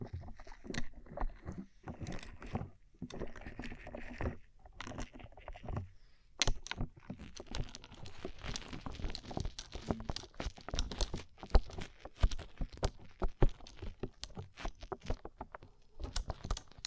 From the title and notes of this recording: ASMR Rhinestone Covered Tapping 3Dio (No Talking).